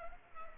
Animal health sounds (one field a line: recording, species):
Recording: mosquito wingbeat signal from an infrared sensor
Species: Culex pipiens